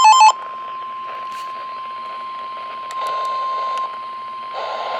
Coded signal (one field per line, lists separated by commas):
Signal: Emergency Alert System (SAME) tones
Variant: 1050 Hz attention tone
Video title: WORCESTER'S WAKE UP CALL... | EAS Alerts from 8/8/23 Morning Severe Weather Event (EAS #556-577)